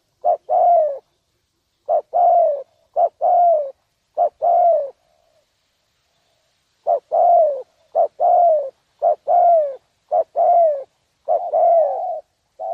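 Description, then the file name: Spotted dove cooing in short-and-long pairs, a pause of about two seconds midway, then the phrases resume. "tieng cu dat gay"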